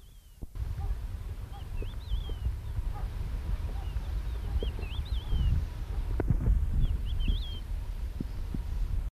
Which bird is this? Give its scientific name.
Galerida theklae